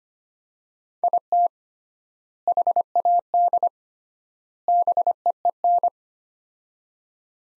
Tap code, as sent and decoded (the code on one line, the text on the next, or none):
none